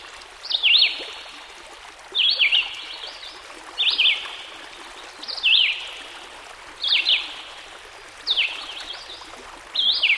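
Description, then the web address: Red-eyed Vireo repeating quick slurred whistled phrases, each separated by a pause, over the hiss of running water. Heard with a stream in the background. "Dan Gibson Songbirds By The Stream. Red - Eyed Vireo"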